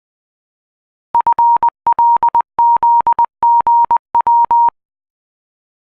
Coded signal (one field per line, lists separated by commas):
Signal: Morse code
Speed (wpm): 20 wpm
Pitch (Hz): 940 Hz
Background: none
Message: FLZGW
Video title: RufzXP - Giving it a go - AD0WE